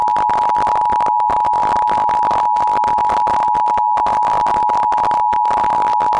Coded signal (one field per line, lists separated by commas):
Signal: Emergency Alert System (SAME) tones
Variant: 853 and 960 Hz attention tone